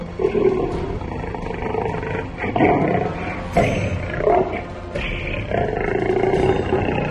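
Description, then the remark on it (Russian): A large predatory beast roars loudly, a deep rumbling growl that swells and surges in repeated rough bursts over about seven seconds, with no voices present. “Такой рык он издавал, когда ветер доносил до него запах другого голодного, переступившего границу его охотничьих угодий.”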